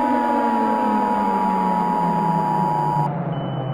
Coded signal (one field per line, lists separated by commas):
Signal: Emergency Alert System (SAME) tones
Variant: 853 and 960 Hz attention tone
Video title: EAS scenario 35 (MEGA): The Minecraft disaster 4: the time has come